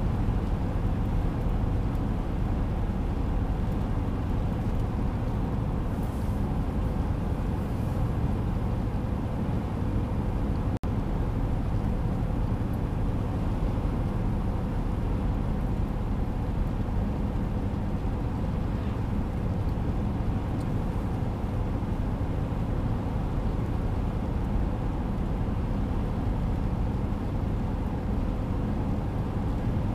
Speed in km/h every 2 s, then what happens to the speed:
93, 95, 96, 95, 96, 94, 95, 95, 94, 95, 94, 95, 94, 94, 94.
0-30 steady at about 95.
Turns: none.